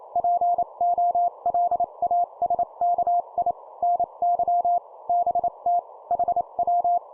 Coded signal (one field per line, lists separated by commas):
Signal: Morse code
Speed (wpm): 29 wpm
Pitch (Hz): 700 Hz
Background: none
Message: POLASKI NY BT HW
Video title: 25wpm CQ QSO Call Short Example, CW morse code